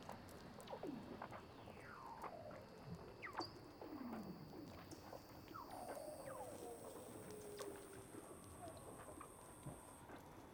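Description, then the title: Weddell seal underwater calls: several faint descending chirps and sweeping glides over a noisy background, with thin steady high tones. "Douglas Quin - Weddell Seals (Underwater)"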